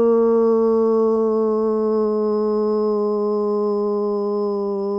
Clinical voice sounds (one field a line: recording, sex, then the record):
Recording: sustained vowel /u/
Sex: female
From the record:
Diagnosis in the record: Parkinson's disease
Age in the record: 65 years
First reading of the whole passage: 242 s, 2.1 characters per second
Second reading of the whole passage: 180 s, 2.9 characters per second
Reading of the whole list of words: 168 s, 1.7 characters per second